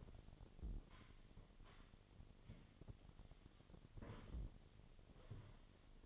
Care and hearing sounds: daily activity, microphone in the room; sweep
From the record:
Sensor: 4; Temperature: 28.5 degrees Celsius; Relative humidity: 34.1%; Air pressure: 1007.8 hPa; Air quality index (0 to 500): 192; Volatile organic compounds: 6 ppm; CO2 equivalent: 1922 ppm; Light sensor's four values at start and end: 23/72/27/26 and 23/72/27/26

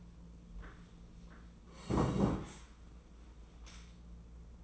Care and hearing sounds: daily activity, microphone in the room; sit down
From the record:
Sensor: 1

